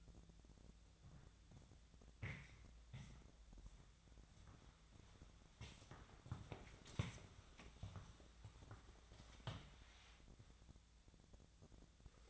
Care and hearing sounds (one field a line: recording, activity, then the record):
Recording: daily activity, microphone in the room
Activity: walk to room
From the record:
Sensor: 3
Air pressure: 999.9 hPa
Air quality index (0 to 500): 121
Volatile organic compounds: 2 ppm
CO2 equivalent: 1089 ppm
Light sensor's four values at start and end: 33/81/35/39 and 31/78/34/37